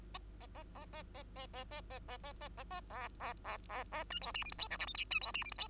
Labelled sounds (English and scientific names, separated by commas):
Bengalese Finch (Lonchura striata domestica) song